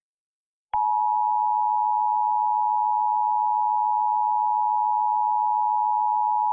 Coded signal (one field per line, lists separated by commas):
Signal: Emergency Alert System (SAME) tones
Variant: 853 and 960 Hz attention tone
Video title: EAS Scenario: Otherworldly Invasion